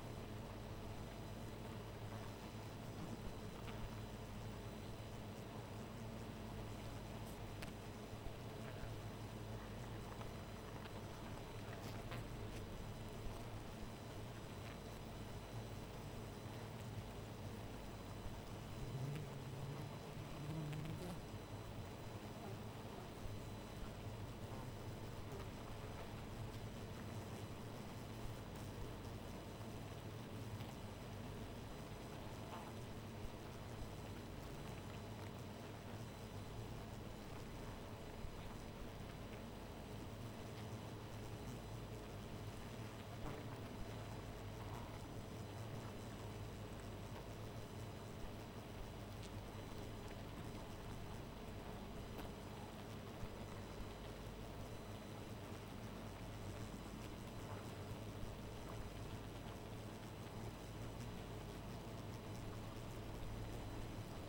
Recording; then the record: honeybee colony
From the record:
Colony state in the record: missing queen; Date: 14 July 2017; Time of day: 2:43